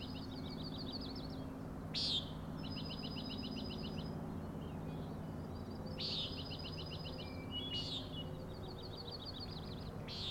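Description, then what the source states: Common nighthawk giving short, buzzy, nasal peent calls at irregular intervals, over repeated high pulsed trills and a steady low hum. Three birds flying in close formation, following each other, near a 410 ft overlook on Schoodic Head, Acadia National Park, Winter Harbor, Maine; 4am, 06/16/17; peenting and rattling noise.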